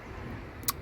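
The pleated cab window blinds in a Burstner Ixeo IT 728G motorhome are pulled along until their magnetic plastic clips meet. After a low, steady background rumble, a single sharp snap at 0.7 s marks the clips connecting and seating together.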